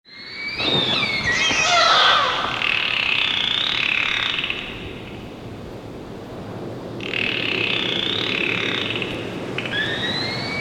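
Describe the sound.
Dolphin whistles: a burst of chirping, sweeping whistles running into a steady whistle band, a quieter spell, another steady band, and a final rising whistle.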